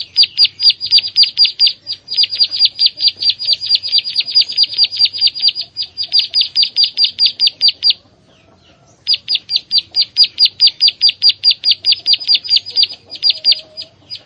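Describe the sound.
Prinia delivering rapid high chirping bursts, with a few short breaks and one longer pause before resuming the same fast series.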